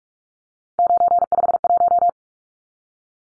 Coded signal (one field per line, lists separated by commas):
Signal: Morse code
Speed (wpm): 44 wpm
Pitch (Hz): 700 Hz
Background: none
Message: 951